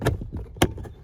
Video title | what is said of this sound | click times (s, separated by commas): Maverick Hybrid 2022-2024 MyMavMode Eco Mode Module | Just use my little helper here. Pop that one out. There we go. | 0.6 s